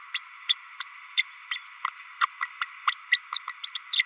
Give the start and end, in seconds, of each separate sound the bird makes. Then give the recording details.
0.14-0.20, 0.49-0.56, 0.80-0.84, 1.17-1.23, 1.51-1.58, 2.21-2.26, 2.61-2.65, 2.87-2.92, 3.11-3.19, 3.33-3.39, 3.48-3.54, 3.63-3.71, 3.75-3.82, 3.92-4.03. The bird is a female. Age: 32 days. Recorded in a nest box in Venezuela. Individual 17B32A5